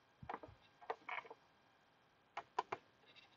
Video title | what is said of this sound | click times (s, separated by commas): Fixing A P0300 (Random Misfire) Code (Andy’s Garage: Episode - 442) | I don't know if you heard that the two little clicks of it getting a nice connection | 2.6 s, 2.7 s